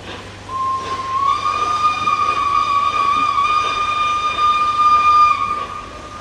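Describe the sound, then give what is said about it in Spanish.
A steam train whistle blows one long, steady, high tone for about five seconds with clear harmonics, over a low rumbling, chuffing background of rolling rail noise. “Era una tarde calurosa y en el compartimento de ferrocarril el aire se volvía sofocante.”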